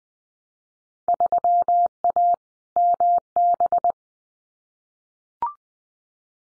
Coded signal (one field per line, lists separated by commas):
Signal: Morse code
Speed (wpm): 20 wpm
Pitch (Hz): 700 Hz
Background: none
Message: 3A MB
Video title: Field Day Exchange Encore 20wpm